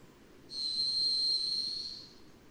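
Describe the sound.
Varied thrush singing one drawn-out, even whistle that swells and fades over about one and a half seconds.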